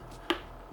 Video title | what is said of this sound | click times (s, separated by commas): Cleaning the Aillio Bullet | You'll hear it kind of pop through that gasket. You'll feel it click in nice and secure. | 0.3 s